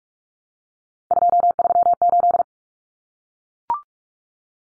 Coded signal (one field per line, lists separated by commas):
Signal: Morse code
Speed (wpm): 44 wpm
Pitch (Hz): 700 Hz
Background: none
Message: 238